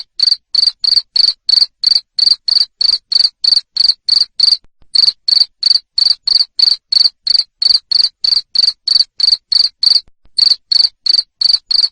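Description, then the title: Cricket chirps repeated steadily about three times a second, shrill and pulsed, pausing briefly twice. Loud cricket chirping (jangkrik ngerik) played to stimulate lovebirds to sing continuously (ngekek). "Suara JANGKRIK NGERIK Keras Bikin LOVEBIRD Jadi NGEKEK Terus Vubey"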